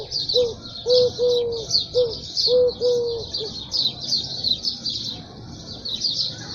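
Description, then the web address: Bird calls: short, low, hooting notes, some in pairs, over a high, rough chirping chorus that goes on throughout, the hooting stopping after about three and a half seconds. "cianscape. Deverinetal 2025. Bird Only"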